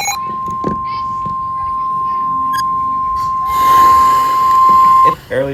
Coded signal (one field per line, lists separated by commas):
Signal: Emergency Alert System (SAME) tones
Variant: 1050 Hz attention tone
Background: speech